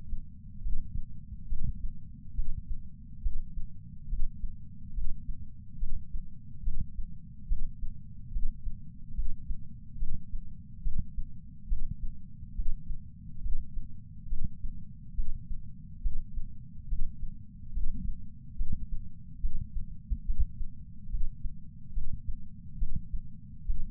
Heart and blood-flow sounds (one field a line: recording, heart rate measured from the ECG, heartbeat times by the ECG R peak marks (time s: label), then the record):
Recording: heart sounds by patch sensor on the chest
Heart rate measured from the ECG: 70 bpm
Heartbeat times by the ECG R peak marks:
0.62 s: heartbeat
1.48 s: heartbeat
2.35 s: heartbeat
3.22 s: heartbeat
4.09 s: heartbeat
4.94 s: heartbeat
5.79 s: heartbeat
6.64 s: heartbeat
7.48 s: heartbeat
8.32 s: heartbeat
9.15 s: heartbeat
9.98 s: heartbeat
10.83 s: heartbeat
11.68 s: heartbeat
12.55 s: heartbeat
13.42 s: heartbeat
14.29 s: heartbeat
15.15 s: heartbeat
16.02 s: heartbeat
16.88 s: heartbeat
17.73 s: heartbeat
18.57 s: heartbeat
19.41 s: heartbeat
20.26 s: heartbeat
21.10 s: heartbeat
21.94 s: heartbeat
22.79 s: heartbeat
23.66 s: heartbeat
From the record:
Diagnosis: coronary artery disease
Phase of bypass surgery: preoperative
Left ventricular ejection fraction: 65.2%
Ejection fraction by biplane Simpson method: 56.6%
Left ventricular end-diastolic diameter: 45 mm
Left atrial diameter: 34 mm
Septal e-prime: 5.7 cm/s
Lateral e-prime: 8.2 cm/s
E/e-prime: 7.6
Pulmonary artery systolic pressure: 21 mmHg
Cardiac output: 6.8 L/min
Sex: male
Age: 69 years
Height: 174 cm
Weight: 79 kg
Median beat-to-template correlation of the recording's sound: 0.95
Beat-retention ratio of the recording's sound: 0.99